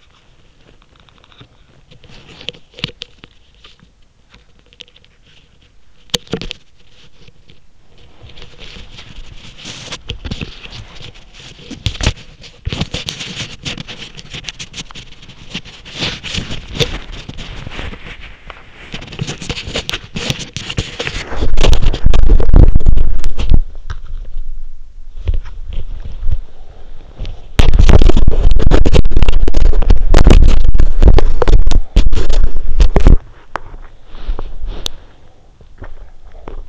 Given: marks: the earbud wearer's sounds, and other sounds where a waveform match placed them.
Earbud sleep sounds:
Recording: sounds in sleep by an in-ear microphone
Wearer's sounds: body movement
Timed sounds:
0.00-36.69 s: body movement

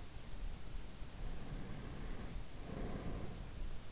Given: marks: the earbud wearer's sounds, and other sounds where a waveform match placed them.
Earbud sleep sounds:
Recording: sounds in sleep by an in-ear microphone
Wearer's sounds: breath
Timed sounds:
1.35-3.61 s: breath

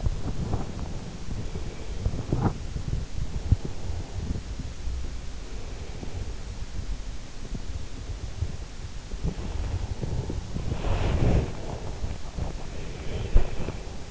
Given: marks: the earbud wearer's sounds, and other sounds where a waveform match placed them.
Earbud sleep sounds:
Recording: sounds in sleep by an in-ear microphone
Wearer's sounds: breath, body movement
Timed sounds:
0.00-2.33 s: breath
0.46-13.71 s: body movement
3.33-6.74 s: breath
7.37-10.30 s: breath
10.78-14.11 s: breath

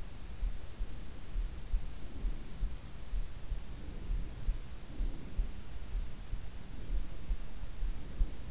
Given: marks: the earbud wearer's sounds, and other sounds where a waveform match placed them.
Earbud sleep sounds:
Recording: sounds in sleep by an in-ear microphone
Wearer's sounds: breath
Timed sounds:
0.65-2.69 s: breath
3.73-5.62 s: breath
6.46-8.51 s: breath

